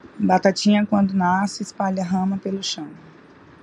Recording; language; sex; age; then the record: short text; Brazilian Portuguese; female; 20 to 29 years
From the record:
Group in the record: control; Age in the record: 27 years